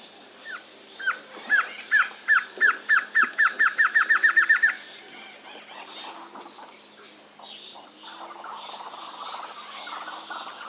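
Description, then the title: Glossy antshrike song, a series of notes that speed up into a quick roll, followed by quieter background sounds. Subspecies araguayae, assumed from location. "LuckyPassaro Completos2Sama. Glossy Antshrike (Sakesphorus luctuosus araguayae (ssp assumed from location))"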